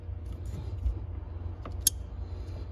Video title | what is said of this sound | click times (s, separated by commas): How To Replace HVAC Blend Door Actuator On A 2005-2009 Ford Mustang - Stuck On Defrost Fix! | you heard it snap okay | 1.9 s